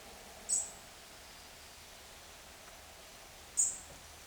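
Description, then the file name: European robin calls: two very high, thin, sharp notes about three seconds apart over quiet background hiss. "Erithacus rubecula"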